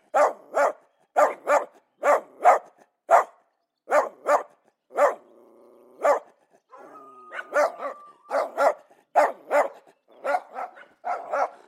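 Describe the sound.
Dog barking in paired and single sharp barks, pausing for a low growl near the middle, then more barks with a brief whine.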